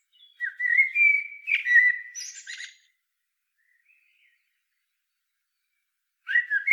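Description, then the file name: Eurasian blackbird song: one full phrase of fluted warbling ending in high squeaky notes, silence, then the start of another phrase. "Turdus merula"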